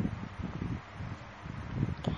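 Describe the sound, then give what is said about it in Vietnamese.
Night wind gusts through tree leaves, producing a steady, soft rustling hiss with low rumbling swells that rise and fall irregularly, a little stronger toward the end. “Gió đêm làm lá cây xào xạc”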